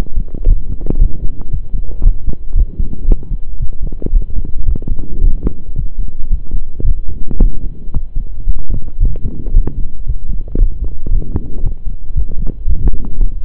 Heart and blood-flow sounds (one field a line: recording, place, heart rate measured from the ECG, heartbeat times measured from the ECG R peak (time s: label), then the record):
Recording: heart sounds by stethoscope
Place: between the tricuspid and mitral areas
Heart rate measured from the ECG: 113 bpm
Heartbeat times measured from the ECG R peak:
0.47 s: heartbeat
1.00 s: heartbeat
1.52 s: heartbeat
2.04 s: heartbeat
2.56 s: heartbeat
3.08 s: heartbeat
3.60 s: heartbeat
4.13 s: heartbeat
4.67 s: heartbeat
5.22 s: heartbeat
5.76 s: heartbeat
6.31 s: heartbeat
6.85 s: heartbeat
7.40 s: heartbeat
7.94 s: heartbeat
8.47 s: heartbeat
9.01 s: heartbeat
9.55 s: heartbeat
10.07 s: heartbeat
10.59 s: heartbeat
11.12 s: heartbeat
11.64 s: heartbeat
12.16 s: heartbeat
12.68 s: heartbeat
13.20 s: heartbeat
From the record:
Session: pedaling a stationary bicycle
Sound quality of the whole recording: saturated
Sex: male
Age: 23 years